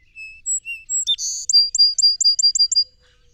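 Song sparrow song: clear whistled notes alternating low and high, then a harsh buzzy burst, ending in a quick trill of about seven bright repeated notes.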